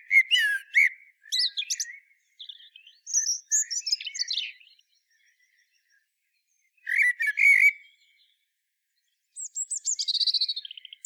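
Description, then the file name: Common blackbird song: repeated fluted phrases with squeaky high trills and twittering flourishes, broken by short pauses, ending with a rapid, thin, descending chatter. "Turdus merula"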